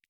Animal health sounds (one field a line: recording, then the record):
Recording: hydrophone in a shrimp aquaculture tank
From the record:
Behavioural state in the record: feeding